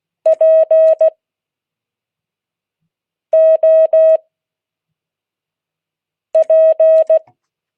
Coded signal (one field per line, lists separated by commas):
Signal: Morse code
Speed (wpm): 16 wpm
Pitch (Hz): 640 Hz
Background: none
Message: POP